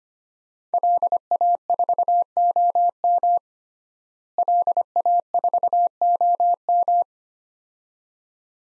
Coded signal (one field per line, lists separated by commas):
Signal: Morse code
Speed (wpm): 25 wpm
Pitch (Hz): 700 Hz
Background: none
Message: LA4OM LA4OM